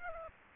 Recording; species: mosquito wingbeat signal from an infrared sensor; Aedes aegypti